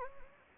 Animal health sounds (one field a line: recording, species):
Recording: mosquito wingbeat signal from an infrared sensor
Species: Anopheles gambiae